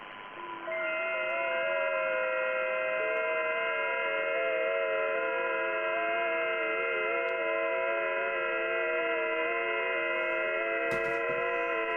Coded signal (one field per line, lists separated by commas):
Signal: FT8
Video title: Saturday night FT8 session on 15m, east coast USA is open !